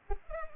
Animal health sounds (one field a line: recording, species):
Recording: mosquito wingbeat signal from an infrared sensor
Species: Culex pipiens